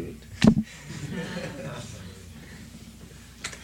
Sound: laughter

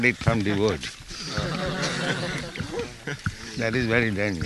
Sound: laughter

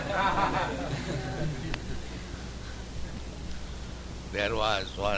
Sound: laughter

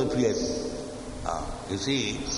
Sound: birds chirping overhead

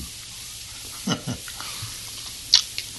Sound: laughs

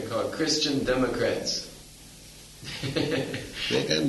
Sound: laughs

